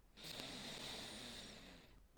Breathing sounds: one breath near a microphone; inhalation

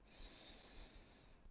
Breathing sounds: one breath near a microphone; inhalation

